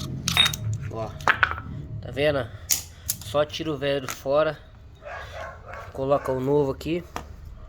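A new suspension strut bearing for a Citroën C4 hatch or C4 Pallas, replacing the old one removed over a suspension noise, is handled at the strut top mount while someone talks, with a few sharp handling knocks near the start. Nothing has seated or clicked into the mount yet.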